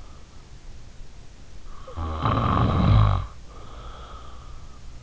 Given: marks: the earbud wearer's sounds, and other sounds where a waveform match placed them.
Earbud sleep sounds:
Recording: sounds in sleep by an in-ear microphone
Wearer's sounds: snoring breath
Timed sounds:
1.40-3.62 s: snoring breath

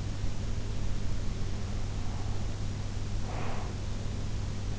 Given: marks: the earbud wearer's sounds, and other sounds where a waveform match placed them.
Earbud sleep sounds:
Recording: sounds in sleep by an in-ear microphone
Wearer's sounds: breath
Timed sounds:
3.09-4.17 s: breath

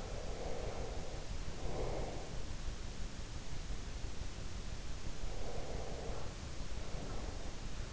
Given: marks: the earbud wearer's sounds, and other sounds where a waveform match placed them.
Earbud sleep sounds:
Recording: sounds in sleep by an in-ear microphone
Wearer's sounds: breath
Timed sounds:
0.00-2.51 s: breath
5.11-7.57 s: breath

